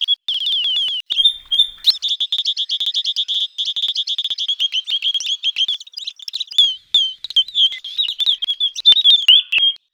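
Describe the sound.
Bird song of rapid, high chirping notes in quick succession, trilled and stuttering phrases running continuously with brief pauses.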